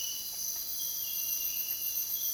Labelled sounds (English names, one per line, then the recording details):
none
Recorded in dense forest near Puerto Asís, Putumayo, Colombia, on 23 June 2025 at 05:30
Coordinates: 0.484, -76.325
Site H65